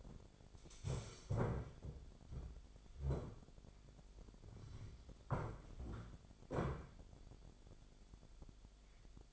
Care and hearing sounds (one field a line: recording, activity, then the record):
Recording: daily activity, microphone in the room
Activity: stand up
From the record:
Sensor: 5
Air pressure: 1007.9 hPa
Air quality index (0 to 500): 153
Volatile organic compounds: 3 ppm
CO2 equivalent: 1472 ppm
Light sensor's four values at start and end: 56/160/62/61 and 57/160/62/62